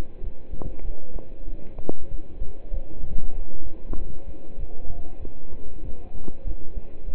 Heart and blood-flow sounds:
heart sounds by stethoscope; between the tricuspid and mitral areas; 96 bpm
0.23 s: heartbeat
0.85 s: heartbeat
1.48 s: heartbeat
2.11 s: heartbeat
2.73 s: heartbeat
3.35 s: heartbeat
3.98 s: heartbeat
4.59 s: heartbeat
5.21 s: heartbeat
5.84 s: heartbeat
6.46 s: heartbeat
7.08 s: heartbeat
From the record:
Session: pedaling a stationary bicycle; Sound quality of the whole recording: partially saturated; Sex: male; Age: 27 years

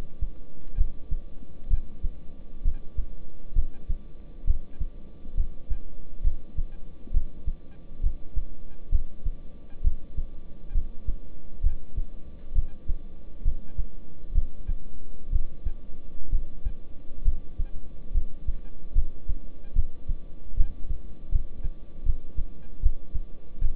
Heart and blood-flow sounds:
heart sounds by stethoscope; between the tricuspid and mitral areas; 68 bpm
0.78 s: heartbeat
1.70 s: heartbeat
2.65 s: heartbeat
3.56 s: heartbeat
4.47 s: heartbeat
5.37 s: heartbeat
6.24 s: heartbeat
7.14 s: heartbeat
8.03 s: heartbeat
8.92 s: heartbeat
9.84 s: heartbeat
10.75 s: heartbeat
11.64 s: heartbeat
12.55 s: heartbeat
13.45 s: heartbeat
14.35 s: heartbeat
15.32 s: heartbeat
16.32 s: heartbeat
17.25 s: heartbeat
18.14 s: heartbeat
18.95 s: heartbeat
19.76 s: heartbeat
20.57 s: heartbeat
21.32 s: heartbeat
22.06 s: heartbeat
22.83 s: heartbeat
23.62 s: heartbeat
From the record:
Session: rest, lying down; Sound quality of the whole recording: good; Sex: male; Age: 26 years

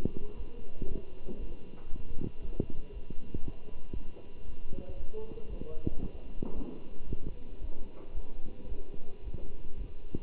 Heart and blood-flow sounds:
heart sounds by stethoscope; between the tricuspid and mitral areas; 115 bpm
0.35 s: heartbeat
0.87 s: heartbeat
1.38 s: heartbeat
1.89 s: heartbeat
2.40 s: heartbeat
2.91 s: heartbeat
3.42 s: heartbeat
3.92 s: heartbeat
4.43 s: heartbeat
4.96 s: heartbeat
5.48 s: heartbeat
5.99 s: heartbeat
6.53 s: heartbeat
7.06 s: heartbeat
7.59 s: heartbeat
8.13 s: heartbeat
8.67 s: heartbeat
9.22 s: heartbeat
9.76 s: heartbeat
From the record:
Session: Bruce protocol treadmill stress test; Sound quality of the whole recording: good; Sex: male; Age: 23 years

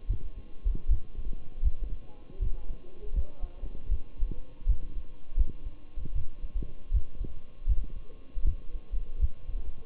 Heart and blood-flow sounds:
heart sounds by stethoscope; between the tricuspid and mitral areas; 79 bpm
0.09 s: heartbeat
0.90 s: heartbeat
1.64 s: heartbeat
2.41 s: heartbeat
3.15 s: heartbeat
3.90 s: heartbeat
4.68 s: heartbeat
5.38 s: heartbeat
6.15 s: heartbeat
6.93 s: heartbeat
7.68 s: heartbeat
8.46 s: heartbeat
9.21 s: heartbeat
From the record:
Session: Bruce protocol treadmill stress test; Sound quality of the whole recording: partially saturated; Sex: male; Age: 23 years

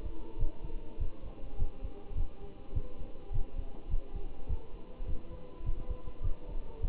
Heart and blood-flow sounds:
heart sounds by stethoscope; between the tricuspid and mitral areas; 103 bpm
0.39 s: heartbeat
1.00 s: heartbeat
1.59 s: heartbeat
2.17 s: heartbeat
2.75 s: heartbeat
3.33 s: heartbeat
3.90 s: heartbeat
4.49 s: heartbeat
5.07 s: heartbeat
5.65 s: heartbeat
6.24 s: heartbeat
6.82 s: heartbeat
From the record:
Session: Bruce protocol treadmill stress test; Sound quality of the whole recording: good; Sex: male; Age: 25 years

